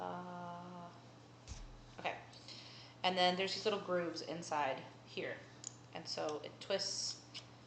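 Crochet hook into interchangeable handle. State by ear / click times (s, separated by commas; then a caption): not seated / none. An interchangeable crochet hook is handled near a handle with small grooves inside, which it twists along to lock into, while someone talks. A few brief handling knocks are heard around 1.5 to 2.5 seconds. The hook has not locked or clicked into the handle yet.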